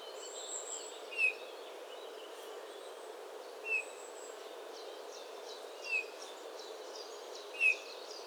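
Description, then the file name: Eurasian bullfinch giving soft, short piping notes, four spaced calls at irregular gaps of about two seconds, with faint high chirps of other birds and steady background hiss. "Pyrrhula pyrrhula"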